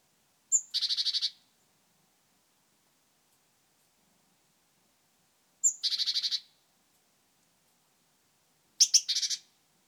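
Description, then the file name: Great tit call: a buzzy rattling churr, twice led by a thin high note, heard three times with long pauses between. "Parus major"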